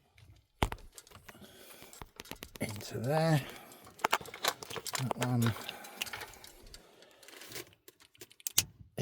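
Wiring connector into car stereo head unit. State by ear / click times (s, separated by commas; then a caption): seated / 8.6 s. A second plastic wiring loom connector is pushed into its socket on a Sony XAV-AX3250 car stereo head unit. Someone talks over scattered handling clicks and rustles. The connector clicks in at 8.6 s, seating it so both connectors are now in.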